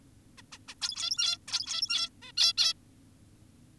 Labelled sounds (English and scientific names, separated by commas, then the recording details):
Zebra Finch (Taeniopygia guttata)
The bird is an adult
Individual g17y2U